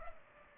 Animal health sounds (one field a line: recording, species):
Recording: mosquito wingbeat signal from an infrared sensor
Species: Culex pipiens